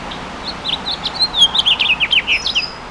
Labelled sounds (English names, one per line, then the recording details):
House Finch song
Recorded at Bridgehampton on Long Island, New York, on 22 June 2013
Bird G